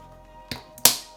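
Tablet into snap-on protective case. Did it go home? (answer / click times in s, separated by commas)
yes / 0.9 s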